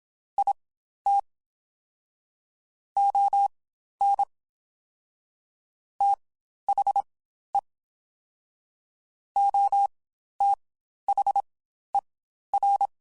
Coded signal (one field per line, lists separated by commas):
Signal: Morse code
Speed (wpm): 27 wpm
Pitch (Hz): 800 Hz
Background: none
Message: IT ON THE OTHER